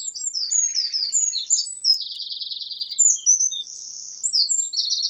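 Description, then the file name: Eurasian wren song, a continuous, piercing stream of rapid high notes broken by steady, machine-like trills. "Troglodytes troglodytes"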